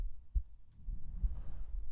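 Soft, low thuds recur about 0.9 seconds apart. The heartbeat is steady and regular, with a faint low rumble in the background.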